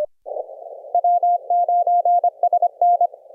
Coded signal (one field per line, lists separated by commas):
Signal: Morse code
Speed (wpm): 25 wpm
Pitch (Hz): 700 Hz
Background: none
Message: W9SN